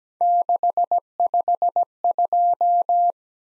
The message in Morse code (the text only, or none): 652